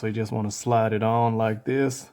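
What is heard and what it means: A plastic wiring connector is slid onto the MAP (manifold pressure) sensor on a Hemi intake manifold while someone talks throughout. No click is heard, and the connector has not seated yet.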